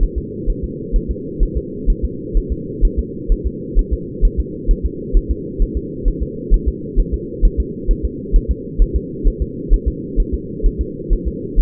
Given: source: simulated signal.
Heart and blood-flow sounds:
fetal heart sounds
0.03 s: S1
0.18 s: S2
0.50 s: S1
0.64 s: S2
0.96 s: S1
1.11 s: S2
1.43 s: S1
1.57 s: S2
1.90 s: S1
2.04 s: S2
2.37 s: S1
2.52 s: S2
2.85 s: S1
2.99 s: S2
3.32 s: S1
3.46 s: S2
3.79 s: S1
3.93 s: S2
4.25 s: S1
4.40 s: S2
4.71 s: S1
4.86 s: S2
5.17 s: S1
5.31 s: S2
5.62 s: S1
5.77 s: S2
6.08 s: S1
6.23 s: S2
6.54 s: S1
6.68 s: S2
7.00 s: S1
7.14 s: S2
7.45 s: S1
7.60 s: S2
7.91 s: S1
8.05 s: S2
8.36 s: S1
8.51 s: S2
8.82 s: S1
8.96 s: S2
9.28 s: S1
9.42 s: S2
9.73 s: S1
9.88 s: S2
10.20 s: S1
10.34 s: S2
10.66 s: S1
10.81 s: S2
11.13 s: S1
11.28 s: S2
11.60 s: S1
From the record:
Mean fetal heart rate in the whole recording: 130 bpm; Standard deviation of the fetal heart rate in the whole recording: 2 bpm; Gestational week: 38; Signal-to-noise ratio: -4.1 dB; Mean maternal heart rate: no maternal heart sound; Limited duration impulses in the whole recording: absent

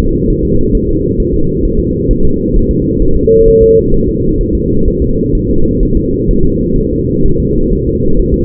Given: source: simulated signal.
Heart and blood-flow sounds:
fetal heart sounds
0.00 s: S2
0.30 s: S1
0.45 s: S2
0.75 s: S1
0.89 s: S2
1.20 s: S1
1.34 s: S2
1.65 s: S1
1.80 s: S2
2.11 s: S1
2.25 s: S2
2.56 s: S1
2.71 s: S2
3.02 s: S1
3.17 s: S2
3.48 s: S1
3.62 s: S2
3.94 s: S1
4.09 s: S2
4.41 s: S1
4.55 s: S2
4.88 s: S1
5.02 s: S2
5.35 s: S1
5.50 s: S2
5.83 s: S1
5.97 s: S2
6.31 s: S1
6.45 s: S2
6.78 s: S1
6.93 s: S2
7.26 s: S1
7.40 s: S2
7.73 s: S1
7.87 s: S2
8.19 s: S1
8.34 s: S2
From the record:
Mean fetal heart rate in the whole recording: 130 bpm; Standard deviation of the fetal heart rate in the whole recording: 4 bpm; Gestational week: 38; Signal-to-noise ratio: -17.7 dB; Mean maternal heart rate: 72 bpm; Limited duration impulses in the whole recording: present

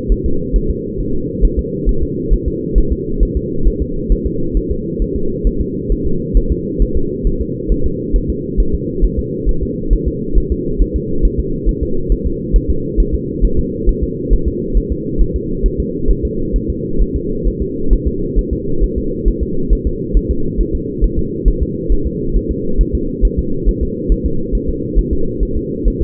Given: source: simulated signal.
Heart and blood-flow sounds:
fetal heart sounds
0.12 s: S1
0.26 s: S2
0.56 s: S1
0.70 s: S2
1.00 s: S1
1.15 s: S2
1.45 s: S1
1.59 s: S2
1.89 s: S1
2.03 s: S2
2.34 s: S1
2.48 s: S2
2.78 s: S1
2.92 s: S2
3.23 s: S1
3.37 s: S2
3.68 s: S1
3.82 s: S2
4.12 s: S1
4.27 s: S2
4.57 s: S1
4.71 s: S2
5.02 s: S1
5.16 s: S2
5.47 s: S1
5.61 s: S2
5.92 s: S1
6.06 s: S2
6.37 s: S1
6.52 s: S2
6.82 s: S1
6.97 s: S2
7.27 s: S1
7.41 s: S2
7.72 s: S1
7.86 s: S2
8.16 s: S1
8.30 s: S2
8.60 s: S1
8.75 s: S2
9.04 s: S1
9.19 s: S2
9.49 s: S1
9.63 s: S2
9.93 s: S1
10.08 s: S2
10.38 s: S1
10.52 s: S2
10.81 s: S1
10.96 s: S2
11.25 s: S1
11.40 s: S2
11.69 s: S1
11.83 s: S2
12.12 s: S1
12.26 s: S2
12.56 s: S1
12.70 s: S2
13.00 s: S1
13.15 s: S2
13.45 s: S1
13.59 s: S2
13.89 s: S1
14.03 s: S2
14.33 s: S1
14.48 s: S2
14.77 s: S1
14.92 s: S2
15.22 s: S1
15.36 s: S2
15.66 s: S1
15.80 s: S2
16.11 s: S1
16.25 s: S2
16.56 s: S1
16.70 s: S2
17.02 s: S1
17.16 s: S2
17.47 s: S1
17.62 s: S2
17.93 s: S1
18.07 s: S2
18.38 s: S1
18.53 s: S2
18.84 s: S1
18.98 s: S2
19.28 s: S1
19.43 s: S2
19.73 s: S1
19.87 s: S2
20.17 s: S1
20.31 s: S2
20.60 s: S1
20.75 s: S2
21.04 s: S1
21.19 s: S2
21.48 s: S1
21.62 s: S2
21.92 s: S1
22.07 s: S2
22.37 s: S1
22.51 s: S2
22.81 s: S1
22.95 s: S2
23.25 s: S1
23.39 s: S2
23.69 s: S1
23.83 s: S2
24.12 s: S1
24.26 s: S2
24.55 s: S1
24.69 s: S2
24.99 s: S1
25.13 s: S2
25.43 s: S1
25.57 s: S2
25.88 s: S1
26.02 s: S2
From the record:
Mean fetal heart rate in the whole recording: 135 bpm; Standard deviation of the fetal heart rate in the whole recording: 3 bpm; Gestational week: 36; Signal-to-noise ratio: -8.1 dB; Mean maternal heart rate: 72 bpm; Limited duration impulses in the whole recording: absent

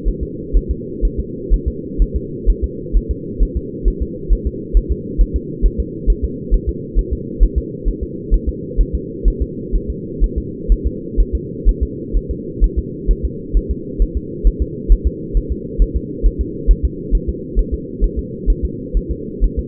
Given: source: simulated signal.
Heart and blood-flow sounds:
fetal heart sounds
0.08 s: S1
0.23 s: S2
0.57 s: S1
0.71 s: S2
1.05 s: S1
1.20 s: S2
1.53 s: S1
1.68 s: S2
2.02 s: S1
2.16 s: S2
2.50 s: S1
2.64 s: S2
2.96 s: S1
3.11 s: S2
3.43 s: S1
3.57 s: S2
3.88 s: S1
4.02 s: S2
4.33 s: S1
4.47 s: S2
4.77 s: S1
4.91 s: S2
5.21 s: S1
5.36 s: S2
5.66 s: S1
5.80 s: S2
6.10 s: S1
6.24 s: S2
6.54 s: S1
6.69 s: S2
6.99 s: S1
7.13 s: S2
7.43 s: S1
7.58 s: S2
7.88 s: S1
8.03 s: S2
8.34 s: S1
8.49 s: S2
8.80 s: S1
8.95 s: S2
9.28 s: S1
9.42 s: S2
9.75 s: S1
9.90 s: S2
10.24 s: S1
10.38 s: S2
10.72 s: S1
10.86 s: S2
11.20 s: S1
11.35 s: S2
11.69 s: S1
11.83 s: S2
12.16 s: S1
12.31 s: S2
12.64 s: S1
12.78 s: S2
13.11 s: S1
13.25 s: S2
13.57 s: S1
13.71 s: S2
14.02 s: S1
14.17 s: S2
14.47 s: S1
14.62 s: S2
14.92 s: S1
15.07 s: S2
15.37 s: S1
15.52 s: S2
15.82 s: S1
15.96 s: S2
16.26 s: S1
16.41 s: S2
16.71 s: S1
16.85 s: S2
17.15 s: S1
17.29 s: S2
17.59 s: S1
17.74 s: S2
18.04 s: S1
18.19 s: S2
18.50 s: S1
18.65 s: S2
18.97 s: S1
19.11 s: S2
19.44 s: S1
19.59 s: S2
From the record:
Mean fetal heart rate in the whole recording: 130 bpm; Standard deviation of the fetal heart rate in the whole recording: 2 bpm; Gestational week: 36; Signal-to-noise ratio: -4.1 dB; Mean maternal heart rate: no maternal heart sound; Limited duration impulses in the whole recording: absent

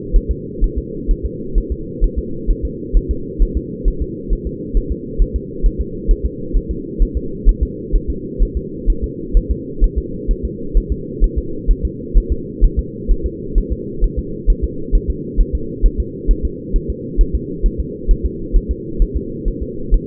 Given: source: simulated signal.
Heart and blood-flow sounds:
fetal heart sounds
0.16 s: S1
0.31 s: S2
0.64 s: S1
0.78 s: S2
1.11 s: S1
1.25 s: S2
1.58 s: S1
1.72 s: S2
2.04 s: S1
2.19 s: S2
2.50 s: S1
2.65 s: S2
2.97 s: S1
3.11 s: S2
3.42 s: S1
3.57 s: S2
3.88 s: S1
4.02 s: S2
4.33 s: S1
4.47 s: S2
4.77 s: S1
4.92 s: S2
5.22 s: S1
5.36 s: S2
5.66 s: S1
5.81 s: S2
6.11 s: S1
6.26 s: S2
6.57 s: S1
6.71 s: S2
7.03 s: S1
7.17 s: S2
7.49 s: S1
7.63 s: S2
7.95 s: S1
8.10 s: S2
8.43 s: S1
8.57 s: S2
8.90 s: S1
9.04 s: S2
9.37 s: S1
9.51 s: S2
9.84 s: S1
9.98 s: S2
10.31 s: S1
10.45 s: S2
10.77 s: S1
10.92 s: S2
11.24 s: S1
11.38 s: S2
11.71 s: S1
11.85 s: S2
12.17 s: S1
12.32 s: S2
12.64 s: S1
12.79 s: S2
13.11 s: S1
13.26 s: S2
13.58 s: S1
13.72 s: S2
14.04 s: S1
14.19 s: S2
14.50 s: S1
14.64 s: S2
14.95 s: S1
15.10 s: S2
15.41 s: S1
15.55 s: S2
15.86 s: S1
16.00 s: S2
16.31 s: S1
16.45 s: S2
16.76 s: S1
16.90 s: S2
17.21 s: S1
17.35 s: S2
17.66 s: S1
17.80 s: S2
18.11 s: S1
18.25 s: S2
18.56 s: S1
18.71 s: S2
19.02 s: S1
19.17 s: S2
19.48 s: S1
19.62 s: S2
19.94 s: S1
From the record:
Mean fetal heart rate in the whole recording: 130 bpm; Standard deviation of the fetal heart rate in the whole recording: 4 bpm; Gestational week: 38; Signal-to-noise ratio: -4.3 dB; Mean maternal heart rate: 72 bpm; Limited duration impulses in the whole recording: absent

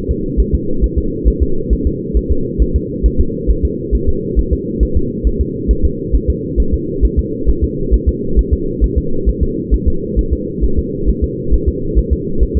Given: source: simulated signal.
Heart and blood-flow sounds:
fetal heart sounds
0.11 s: S2
0.40 s: S1
0.55 s: S2
0.84 s: S1
0.98 s: S2
1.28 s: S1
1.42 s: S2
1.73 s: S1
1.87 s: S2
2.17 s: S1
2.31 s: S2
2.62 s: S1
2.76 s: S2
3.06 s: S1
3.20 s: S2
3.51 s: S1
3.65 s: S2
3.95 s: S1
4.09 s: S2
4.39 s: S1
4.53 s: S2
4.83 s: S1
4.97 s: S2
5.27 s: S1
5.41 s: S2
5.71 s: S1
5.85 s: S2
6.15 s: S1
6.30 s: S2
6.60 s: S1
6.74 s: S2
7.05 s: S1
7.19 s: S2
7.49 s: S1
7.64 s: S2
7.94 s: S1
8.09 s: S2
8.39 s: S1
8.53 s: S2
8.84 s: S1
8.98 s: S2
9.29 s: S1
9.43 s: S2
9.74 s: S1
9.88 s: S2
10.19 s: S1
10.33 s: S2
10.64 s: S1
10.79 s: S2
11.09 s: S1
11.24 s: S2
11.54 s: S1
11.69 s: S2
11.99 s: S1
12.13 s: S2
12.43 s: S1
12.57 s: S2
From the record:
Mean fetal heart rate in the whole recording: 135 bpm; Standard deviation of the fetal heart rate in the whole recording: 3 bpm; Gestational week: 34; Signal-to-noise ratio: -8.1 dB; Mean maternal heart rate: 72 bpm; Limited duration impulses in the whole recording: absent

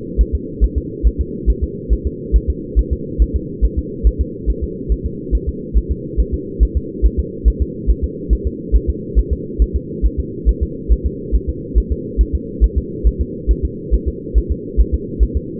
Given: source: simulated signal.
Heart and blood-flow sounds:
fetal heart sounds
0.21 s: S1
0.35 s: S2
0.64 s: S1
0.78 s: S2
1.07 s: S1
1.21 s: S2
1.50 s: S1
1.64 s: S2
1.93 s: S1
2.07 s: S2
2.36 s: S1
2.50 s: S2
2.79 s: S1
2.93 s: S2
3.22 s: S1
3.36 s: S2
3.65 s: S1
3.78 s: S2
4.07 s: S1
4.21 s: S2
4.50 s: S1
4.64 s: S2
4.92 s: S1
5.06 s: S2
5.35 s: S1
5.49 s: S2
5.77 s: S1
5.91 s: S2
6.20 s: S1
6.34 s: S2
6.63 s: S1
6.77 s: S2
7.05 s: S1
7.19 s: S2
7.48 s: S1
7.62 s: S2
7.90 s: S1
8.04 s: S2
8.33 s: S1
8.47 s: S2
8.76 s: S1
8.89 s: S2
9.19 s: S1
9.33 s: S2
9.62 s: S1
9.76 s: S2
10.06 s: S1
10.19 s: S2
10.49 s: S1
10.63 s: S2
10.92 s: S1
11.06 s: S2
11.35 s: S1
11.49 s: S2
11.78 s: S1
11.92 s: S2
12.21 s: S1
12.35 s: S2
12.64 s: S1
12.78 s: S2
13.07 s: S1
13.21 s: S2
13.51 s: S1
13.65 s: S2
13.94 s: S1
14.08 s: S2
14.38 s: S1
14.52 s: S2
14.80 s: S1
14.94 s: S2
15.23 s: S1
15.37 s: S2
From the record:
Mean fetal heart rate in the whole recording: 140 bpm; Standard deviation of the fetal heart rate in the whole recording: 2 bpm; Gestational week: 34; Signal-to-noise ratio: -4.1 dB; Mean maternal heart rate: no maternal heart sound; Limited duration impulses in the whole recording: absent

